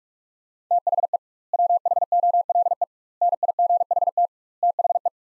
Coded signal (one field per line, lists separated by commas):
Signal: Morse code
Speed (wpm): 43 wpm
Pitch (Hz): 700 Hz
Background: none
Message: THE WHOLE NIGHT THE